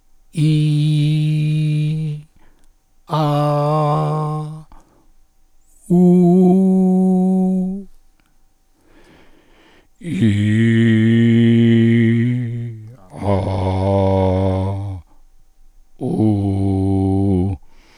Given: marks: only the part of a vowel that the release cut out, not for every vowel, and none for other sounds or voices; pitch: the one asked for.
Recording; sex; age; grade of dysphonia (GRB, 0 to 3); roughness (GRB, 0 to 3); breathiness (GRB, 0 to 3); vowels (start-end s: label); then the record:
sustained vowels; male; 60 to 69 years; 1; 0; 1
0.59-1.95 s: vowel /i/, high pitch
3.28-3.99 s: vowel /a/, high pitch
6.15-7.38 s: vowel /u/, high pitch
11.36-12.24 s: vowel /i/, low pitch
13.70-14.49 s: vowel /a/, low pitch
16.30-17.44 s: vowel /u/, low pitch
From the record:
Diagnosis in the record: cordectomy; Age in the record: 60 years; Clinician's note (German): Zustand nach Chordektomie mit Ersatzstimmband links; kleine Synechie vordere Kommissur